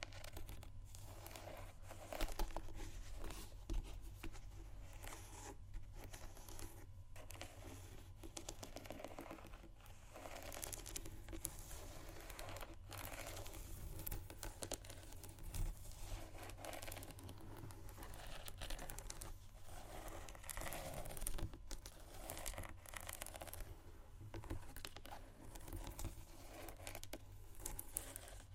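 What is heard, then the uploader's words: Shoes scratch and tap in a dense, busy stream of short clicks and scrapes that runs for the whole half minute. The taps come quickly and irregularly at a fairly even loudness, with a steady low hum underneath throughout. ASMR Shoes Scratching & Tapping（No Talking）.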